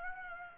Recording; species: mosquito wingbeat signal from an infrared sensor; Aedes aegypti